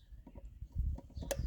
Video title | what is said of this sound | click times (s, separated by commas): Tuto 4 : Twingo 1 (C3G) : Régler un problème d'allumage et le nettoyer (Delco, Faisceaux et Bougies) | clac, vous avez entendu les petits clips là. | 1.3 s